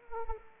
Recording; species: mosquito wingbeat signal from an infrared sensor; Anopheles arabiensis